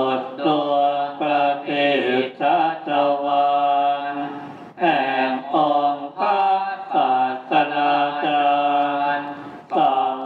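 Buddhist chanting at the Golden Buddha temple in Bangkok: a low, steady voice or voices holding long, level tones in an even, droning rhythm. Phrases run together with brief breaths, with short pauses near five, six and ten seconds.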